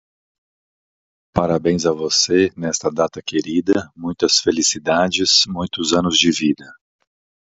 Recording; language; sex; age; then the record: short text; Brazilian Portuguese; male; 50 to 59 years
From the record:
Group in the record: control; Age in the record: 53 years